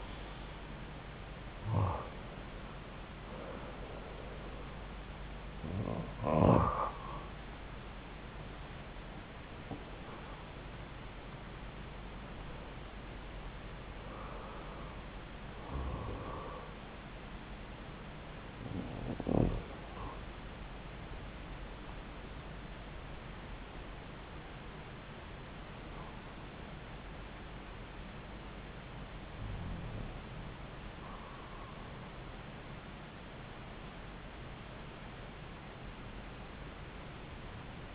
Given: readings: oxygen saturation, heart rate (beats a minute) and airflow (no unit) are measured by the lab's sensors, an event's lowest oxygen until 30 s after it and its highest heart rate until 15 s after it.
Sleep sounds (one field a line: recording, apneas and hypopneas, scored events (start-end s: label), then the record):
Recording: breathing in sleep by a voice recorder at the bedside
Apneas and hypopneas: none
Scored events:
none scored
From the record:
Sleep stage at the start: REM sleep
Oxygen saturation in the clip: 87 to 96%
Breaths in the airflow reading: 7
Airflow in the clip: -7.6 to 7.5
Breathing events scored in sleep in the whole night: 270 in 6.1 hours asleep